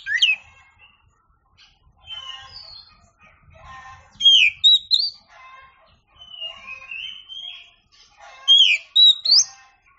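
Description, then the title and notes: Oriental magpie-robin singing varied phrases, quiet warbles alternating with loud, sharp rising and falling whistles every few seconds. Champion (juara) singing bird. "Kicau Burung Kacer Juara. Suara Kicauan Burung Kacer Juara"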